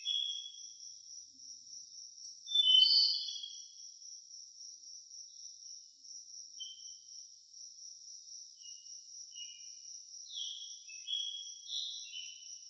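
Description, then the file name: Crickets chirping in a steady, unbroken high trill throughout, with short bursts of chirpy bird calls scattered over it, loudest near three seconds and again near the end. Nature ambience of crickets with birds. "Blastwave FX Nature Birds Crickets"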